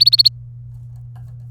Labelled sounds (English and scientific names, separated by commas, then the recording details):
Domestic Canary (Serinus canaria) song
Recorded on 27 April 2018 at 13:48
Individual llb3